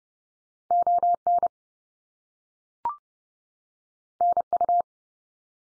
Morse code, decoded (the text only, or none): ON NU